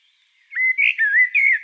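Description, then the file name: Common blackbird song, a single short phrase of rich, warbling flute-like whistles that slide down and up, with a brief higher note near the middle. "Turdus merula"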